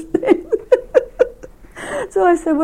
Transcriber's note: laughing hard